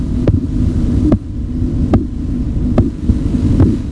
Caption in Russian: На артерию ниже манжеты нужно поместить стетоскоп. Когда артерия пережата, ничего не слышно, но по мере падения давления в манжете появляется похлопывающий звук. Вот что слышал доктор в момент, когда давление манжеты соответствовало систолическому давлению. Коротков называл это первой фазой.